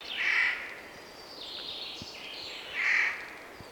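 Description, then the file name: Eurasian jay uttering two rasping screech calls about two and a half seconds apart. "Garrulus glandarius"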